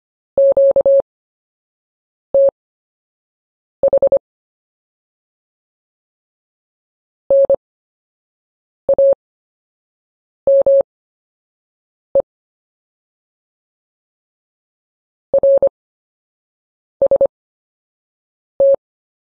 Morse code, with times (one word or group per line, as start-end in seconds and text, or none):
0.4-4.2 QTH
7.3-12.2 NAME
15.3-18.7 RST